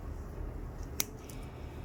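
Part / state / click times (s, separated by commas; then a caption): plastic model kit part into its mating part / seated / 1.0 s. A plastic gunpla model kit part is pressed by hand into its mating part against a quiet low background rumble. A sharp, bright snap at 1.0 s, followed by a faint tick at about 1.3 s, marks the pieces locking in place.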